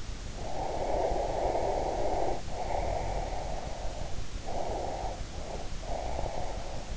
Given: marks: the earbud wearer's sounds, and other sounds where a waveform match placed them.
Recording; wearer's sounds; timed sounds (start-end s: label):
sounds in sleep by an in-ear microphone; breath
0.55-4.04 s: breath
4.45-6.97 s: breath